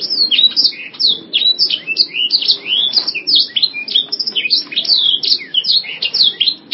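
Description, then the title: Canary giving a loud, unbroken song of rapid high chirps, rolling trills and downward-sweeping whistles, densely packed throughout. "Kenari"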